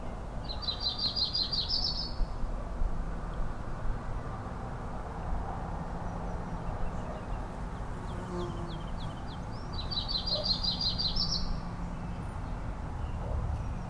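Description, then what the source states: Bird song: two fast, buzzy trilled phrases several seconds apart, each under two seconds long, with a few faint chips between them, over a steady low rumble of background noise. Songbird singing in a neighbourhood in the morning, in a large alder then nearby conifers; first thought a Yellow Warbler, then judged not; glimpsed as warbler-sized, mostly black and white underneath.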